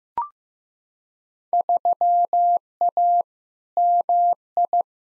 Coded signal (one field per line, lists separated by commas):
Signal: Morse code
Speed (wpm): 15 wpm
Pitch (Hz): 700 Hz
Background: none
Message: 3A MI